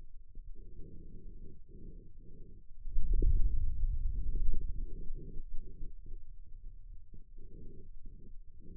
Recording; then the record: forearm muscle sounds (acoustic myography)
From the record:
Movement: hand closing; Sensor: system 2, bracelet of six BSWA MPA416 microphones around the upper forearm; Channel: 4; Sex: male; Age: 22 years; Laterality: right